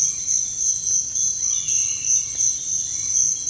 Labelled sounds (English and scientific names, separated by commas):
none